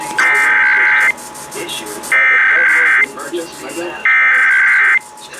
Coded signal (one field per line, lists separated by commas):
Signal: Emergency Alert System (SAME) tones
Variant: header bursts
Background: speech